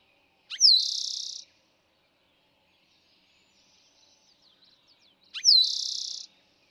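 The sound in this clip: Eastern towhee song: a short sharp note, a bright slurred whistle, then a fast buzzy trill, given twice about five seconds apart, with faint twittering from other birds between.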